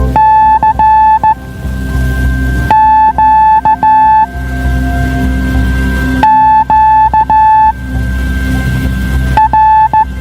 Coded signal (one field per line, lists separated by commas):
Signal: Morse code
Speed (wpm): 15 wpm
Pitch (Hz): 870 Hz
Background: music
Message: C Q Q R